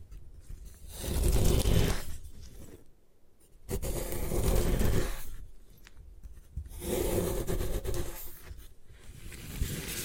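Gym chalk being crushed and ground, in rough bursts of scraping and rubbing that last one to two seconds each. About four strong surges, near 1, 4, 7 and 9 seconds, with gritty crackling between them and brief quiet gaps.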